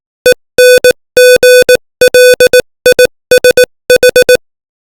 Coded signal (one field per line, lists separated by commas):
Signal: Morse code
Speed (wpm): 18 wpm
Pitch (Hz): 500 Hz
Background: music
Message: ENGLISH